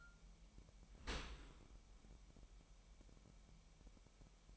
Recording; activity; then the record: daily activity, microphone in the room; open dishwasher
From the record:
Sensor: 1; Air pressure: 998.4 hPa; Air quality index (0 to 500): 137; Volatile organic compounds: 4 ppm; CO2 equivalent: 1643 ppm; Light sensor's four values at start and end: 16/55/22/22 and 16/55/22/22